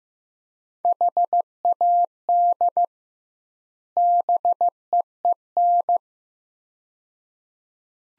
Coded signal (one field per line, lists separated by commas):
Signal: Morse code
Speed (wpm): 15 wpm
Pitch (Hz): 700 Hz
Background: none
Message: HAD BEEN